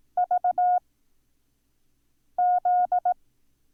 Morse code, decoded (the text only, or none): VZ